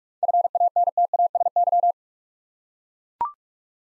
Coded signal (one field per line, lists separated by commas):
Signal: Morse code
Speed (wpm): 44 wpm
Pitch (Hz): 700 Hz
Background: none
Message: FANTASY